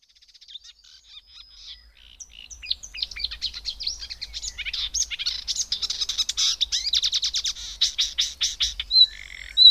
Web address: agykontroll Madardalok Cd 2. Énekes nádiposzáta